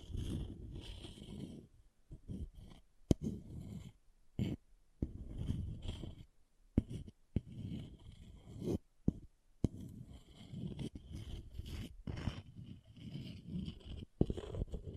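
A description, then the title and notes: An object is scratched and scraped in short, uneven strokes, with brief pauses between bursts throughout. The rasping sound is mostly low and rough, with a thinner hiss above, and a few sharp clicks or knocks stand out around three, nine and fourteen seconds. ASMR Brain Melting Object Scratching (No Talking).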